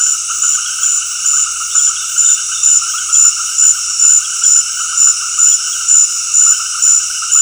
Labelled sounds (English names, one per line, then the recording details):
none
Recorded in dense forest near Puerto Asís, Putumayo, Colombia, on 20 February 2024 at 19:00
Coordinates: 0.485, -76.318
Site G6408